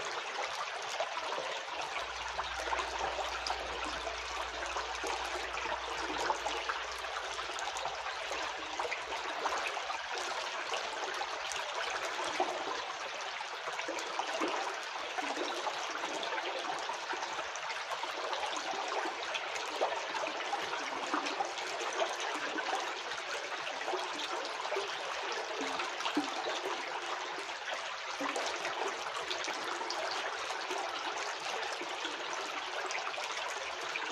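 A creek rushes steadily and densely, a bright hissing wash of water with little change, plus a faint low hum early on.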